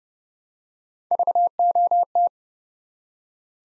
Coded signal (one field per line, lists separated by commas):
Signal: Morse code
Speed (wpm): 30 wpm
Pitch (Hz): 700 Hz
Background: none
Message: VOT